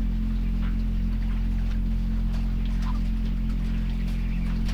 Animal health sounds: poultry house recording; sick chickens (respiratory disease)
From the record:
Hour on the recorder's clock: 20

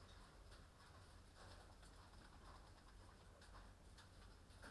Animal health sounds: poultry house recording; no chicken sound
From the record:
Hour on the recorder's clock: 20

